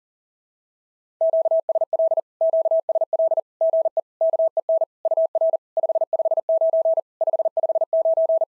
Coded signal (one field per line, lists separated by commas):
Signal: Morse code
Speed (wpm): 40 wpm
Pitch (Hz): 660 Hz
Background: none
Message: QSL QSL GE KEN UR 559 559